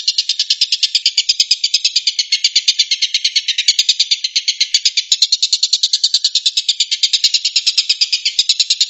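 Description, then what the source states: Stork-billed kingfisher producing a long, fast, grating rattle, pulses tumbling out steadily for the whole stretch. Rapid "shooting" call, locally called tembakan.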